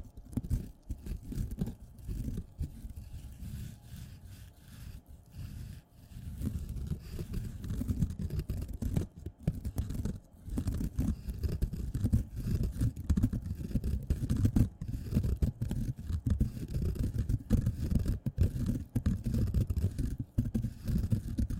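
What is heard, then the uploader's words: A sponge scratches and rubs in dense, continuous low strokes, with brief pauses near 6 and 10 seconds and occasional brighter scrapes. ASMR Sponge Scratching & Rubbing (NO TALKING).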